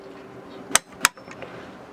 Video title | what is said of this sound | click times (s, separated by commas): Big Upgrade to our DIY Lithium SBMS & LiFePo4 Battery Bank - Part 1 | इसलिए जैसा कि मैंने अभी प्रदर्शित किया है, मुझे टॉर्क रिंच क्लिक से पहले इन बोल्टों से एक चौथाई मोड़ अधिक मिला है . | 0.8 s, 1.0 s